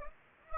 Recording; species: mosquito wingbeat signal from an infrared sensor; Anopheles gambiae